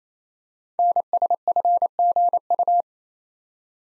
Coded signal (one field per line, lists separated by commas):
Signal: Morse code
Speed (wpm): 29 wpm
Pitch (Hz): 700 Hz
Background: none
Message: NSFGU